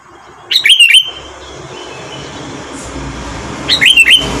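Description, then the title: Sooty-headed bulbul singing two short bubbly whistled phrases about three seconds apart, each of three or four slurred notes, with soft background hiss. "Kutilang"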